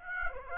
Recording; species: mosquito wingbeat signal from an infrared sensor; Aedes aegypti